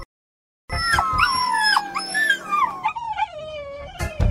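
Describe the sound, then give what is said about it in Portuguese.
After a brief silence, a werewolf that has been stepped on, its four paws stuck in cement plates, lets out a loud, pained canine howl with yelping whines, its high pitch wavering and sliding steadily downward over about four seconds, with no voices. “Não, não foi Rex que foi pisado por Dona Filó. Dona Filó pisou no...”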